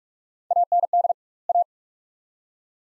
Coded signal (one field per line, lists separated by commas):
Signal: Morse code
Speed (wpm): 46 wpm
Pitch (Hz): 700 Hz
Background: none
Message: AND A